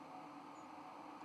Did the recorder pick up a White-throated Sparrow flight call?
yes